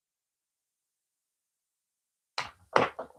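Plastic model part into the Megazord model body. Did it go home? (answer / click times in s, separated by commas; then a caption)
partly / 2.4 s. A plastic part of the Megazord model build is pushed into its socket in the model body, giving a sharp knock at 2.4 s after near silence, followed by further knocks at about 2.8 s and 3.0 s. The part is not fully seated because it keeps pushing back up.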